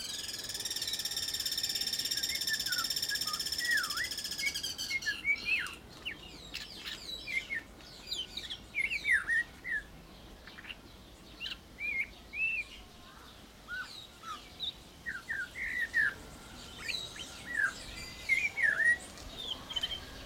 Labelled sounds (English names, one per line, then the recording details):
Snowy-crowned Robin-Chat
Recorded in captivity
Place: Zoo Berlin, Berlin, DE
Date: 1992-06-06 12:35
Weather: sonnig, 24-28° C
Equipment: Nagra SN, Mikrofon AKG CK 8, Kopie Tesla B 116
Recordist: Tembrock, Günter